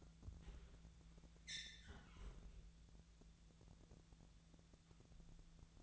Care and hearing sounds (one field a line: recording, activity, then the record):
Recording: daily activity, microphone in the room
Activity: close fridge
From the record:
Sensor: 3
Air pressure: 1000.1 hPa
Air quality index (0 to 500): 134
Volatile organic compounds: 2 ppm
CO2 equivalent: 1191 ppm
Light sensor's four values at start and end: 40/102/43/47 and 40/102/43/47